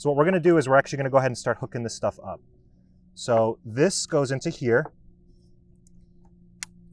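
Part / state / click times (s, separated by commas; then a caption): mast connector into eFoil board electronics box / seated / 6.6 s. Someone talks while pushing a connector from the mast of a Lift 3F electric hydrofoil board into its electronics box during assembly. After the talking stops, faint ticks are heard, then a sharp click at 6.6 s as the connector seats.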